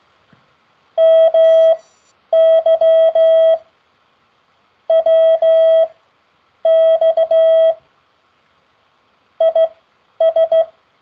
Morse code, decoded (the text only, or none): MY WX IS